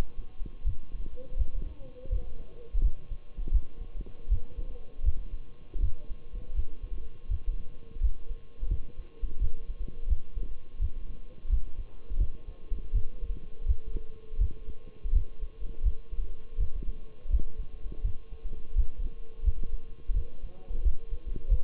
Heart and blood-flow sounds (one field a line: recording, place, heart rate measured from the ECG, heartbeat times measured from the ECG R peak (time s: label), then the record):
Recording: heart sounds by stethoscope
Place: between the tricuspid and mitral areas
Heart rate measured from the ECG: 83 bpm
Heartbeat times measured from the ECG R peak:
0.66 s: heartbeat
1.38 s: heartbeat
2.11 s: heartbeat
2.83 s: heartbeat
3.53 s: heartbeat
4.31 s: heartbeat
5.05 s: heartbeat
5.82 s: heartbeat
6.56 s: heartbeat
7.30 s: heartbeat
8.02 s: heartbeat
8.70 s: heartbeat
9.41 s: heartbeat
10.09 s: heartbeat
10.81 s: heartbeat
11.51 s: heartbeat
12.20 s: heartbeat
12.94 s: heartbeat
13.67 s: heartbeat
14.40 s: heartbeat
15.14 s: heartbeat
15.85 s: heartbeat
16.59 s: heartbeat
17.32 s: heartbeat
18.04 s: heartbeat
18.77 s: heartbeat
19.45 s: heartbeat
20.15 s: heartbeat
20.84 s: heartbeat
21.50 s: heartbeat
From the record:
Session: Bruce protocol treadmill stress test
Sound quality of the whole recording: partially saturated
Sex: male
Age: 23 years